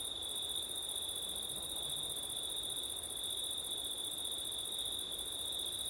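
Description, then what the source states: Continuous high-pitched cricket chorus, an even upper buzz with a short gap near the end, and faint wind rumbling underneath. Crickets on a windy September night; ORTF stereo.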